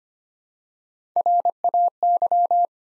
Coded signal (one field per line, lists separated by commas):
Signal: Morse code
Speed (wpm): 25 wpm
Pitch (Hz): 700 Hz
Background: none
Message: RAY